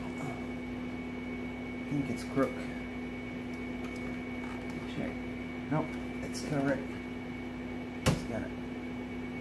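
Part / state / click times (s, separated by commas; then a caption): graphics card into motherboard PCIe slot / seated / 8.1 s. A graphics card that was sitting crooked is pushed back in at the front into a motherboard PCIe slot while someone talks over a steady background hum. A sharp click at 8.1 seconds marks the card fully seating in the slot.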